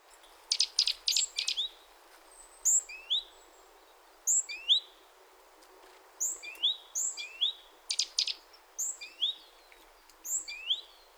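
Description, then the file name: Great tit calls: high, clear whistled notes sliding downward, given in quick pairs and clusters, with short bursts of dry buzzy chatter between them. "Parus major"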